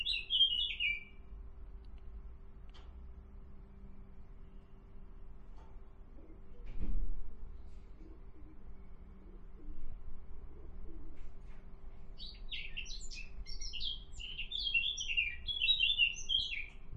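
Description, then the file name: Eurasian blackcap song, a brief high warble at the start, then a quiet pause with a dull thump, before a longer bright run of rapid warbling notes. "Sylvia atricapilla"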